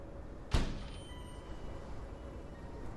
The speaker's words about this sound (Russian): Но ямщик тоже ринулся на крыльцо, пыхнуло теплом, и опять затворилась дверь.